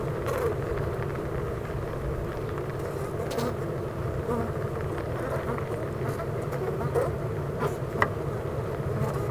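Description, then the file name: Honey bees in a hive giving a low, even buzzing drone, with faint clicks and soft knocks scattered through. Buzzing of a honey bee hive at Clara Vale, Gateshead, United Kingdom. "Honey Bee Hive-Clara Vale,Gateshead,UK"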